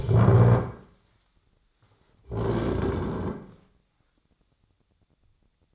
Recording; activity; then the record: daily activity, microphone in the room; stand up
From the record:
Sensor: 3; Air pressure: 1009.2 hPa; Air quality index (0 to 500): 182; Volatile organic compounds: 3 ppm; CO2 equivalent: 1474 ppm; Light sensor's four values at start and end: 45/116/51/51 and 35/90/40/40